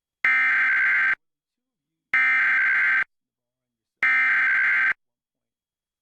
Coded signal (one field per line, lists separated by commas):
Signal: Emergency Alert System (SAME) tones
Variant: header bursts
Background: speech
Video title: Arizona EAS Alert: Law Enforcement Warning (09/14/2023) [Check Desc.]